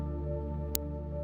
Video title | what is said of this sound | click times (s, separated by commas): MY 2nd CUSTOM 5" BUILD - 01−01−2023 | this one clicked as well | 0.8 s